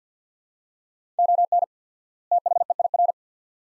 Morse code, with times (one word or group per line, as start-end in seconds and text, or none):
1.2-1.6 ON
2.3-3.1 THEIR